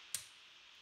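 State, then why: Seated. A leg of a Manfrotto 190 aluminium tripod (MT190XPRO4) is moved through its angle positions, and the leg angle stop in the leg hinge clicks into the third angle position at 0.2 s. The click is a single short, bright snap over a steady faint hiss, and the leg is seated in its third detent.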